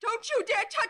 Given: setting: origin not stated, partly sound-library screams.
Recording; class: one-second piece from a danger detection set; woman in danger